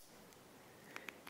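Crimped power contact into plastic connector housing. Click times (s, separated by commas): 1.0 s, 1.1 s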